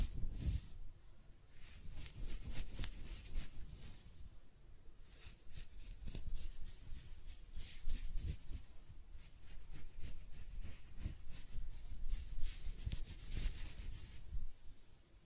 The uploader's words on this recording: ASMR Close-Up Hair Sounds - Scratching, Brushing, Stroking (No Talking).